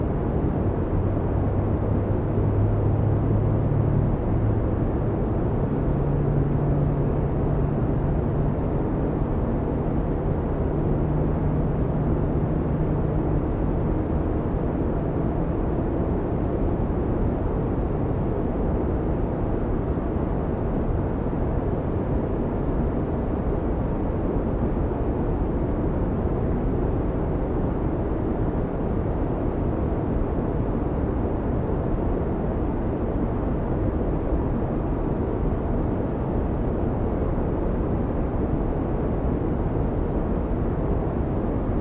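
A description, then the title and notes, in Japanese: A steady, dense low roar fills an airplane cabin, unchanging throughout, with a faint deeper hum wavering during the first dozen seconds. 飛行機のキャビンの雰囲気。40,000フィート。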